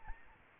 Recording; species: mosquito wingbeat signal from an infrared sensor; Aedes albopictus